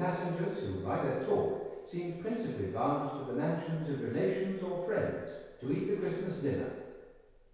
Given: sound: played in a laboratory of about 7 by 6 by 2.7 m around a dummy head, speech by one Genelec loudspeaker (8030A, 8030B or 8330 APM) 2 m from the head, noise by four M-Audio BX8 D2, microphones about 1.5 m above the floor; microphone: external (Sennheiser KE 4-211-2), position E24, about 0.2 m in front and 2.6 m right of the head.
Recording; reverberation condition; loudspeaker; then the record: male speech in English; high; 150 degrees to the right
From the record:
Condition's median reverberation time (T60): about 1300 ms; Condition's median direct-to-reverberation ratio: about -4.0 dB